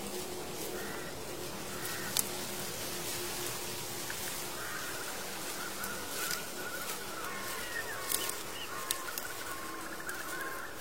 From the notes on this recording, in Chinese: 秋天古道夕阳下的马蹄声、落叶声、远处的深山鸟鸣和古寺钟声